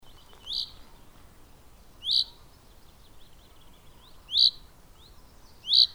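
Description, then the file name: Common chaffinch repeating a short, sharp call four times at uneven intervals, over a quiet background hiss. "Fringilla coelebs"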